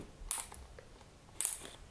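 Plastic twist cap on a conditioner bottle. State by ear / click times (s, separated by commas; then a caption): seated / 0.3 s, 1.4 s. A plastic twist cap on a deep-conditioner bottle is turned, giving two sharp clicks at 0.3 s and 1.4 s, each followed by a brief faint rattle. Whether the cap clicks open or closed is unclear.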